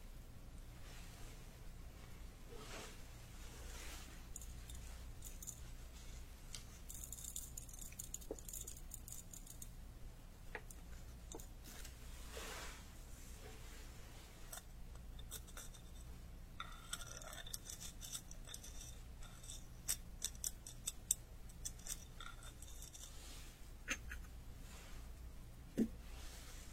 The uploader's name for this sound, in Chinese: 中医配药、捣药触发音